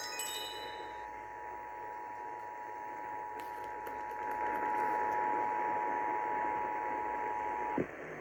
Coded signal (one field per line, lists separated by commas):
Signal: Emergency Alert System (SAME) tones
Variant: 853 and 960 Hz attention tone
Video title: Paducah Why?... | EAS Alerts From 6/8-9/2021 (EAS #609-620)